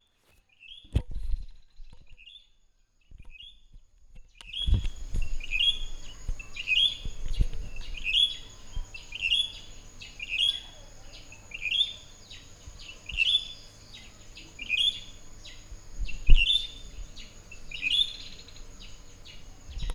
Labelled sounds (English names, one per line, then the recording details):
White-browed Robin-Chat
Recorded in northern Uganda